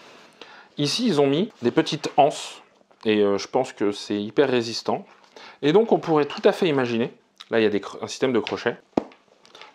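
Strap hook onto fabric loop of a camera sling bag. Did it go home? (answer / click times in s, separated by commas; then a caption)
yes / 9.0 s. A strap hook is clipped onto one of the small fabric loops under a Peak Design Sling 6L camera sling bag while someone talks. A sharp click at 8.9 s marks the hook seating on the loop, followed by a few faint handling ticks.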